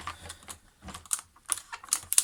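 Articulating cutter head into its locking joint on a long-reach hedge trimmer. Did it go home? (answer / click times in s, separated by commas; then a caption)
no / none. The articulating cutter head of a Makita DUN500WZ battery long-reach hedge trimmer is moved through its positions at its locking joint, trying to lock it in. Soft rattles give way to sharp clicks and knocks at about 1.1, 1.5, 1.9, 2.1 and 2.2 s. The head does not lock in; nothing has seated.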